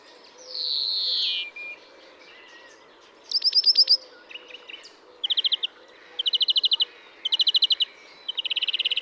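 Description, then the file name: European greenfinch calls: one long nasal wheeze falling in pitch, then several bursts of quick, dry, rattling trill notes, each lasting under a second. "Chloris chloris"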